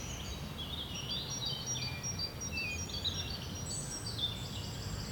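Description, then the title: Birds twittering faintly, thin high whistles and short trills scattered throughout, partly masked by steady low-pitched background noise. Bird ambience at Rue du Rossignol, Seneffe, Belgium; recorded with Sony PCM-D100 internal microphones. "Rue du Rossignol 7, 7180 Seneffe, Belgique - Birds ambience"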